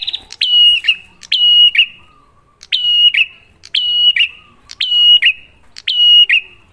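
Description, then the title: Bar-winged prinia song of high clicking, whistled phrases with buzzy endings, repeated about once a second with one brief pause. Prenjak lure (pancingan) recording, a duet of Cililin versus Kapas Tembak birds, singing actively (gacor) with a clear voice, to make listeners' own prenjak sing better. "Masteran Duet Cililin Vs Kapas Tembak. Pancingan Prenjak Gacor Suara Jernih"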